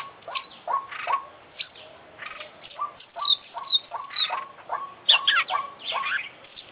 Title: KICAU KACER JUARA INTERNASIONAL FULL ISIAN KOMPLIT DURASI PANJANG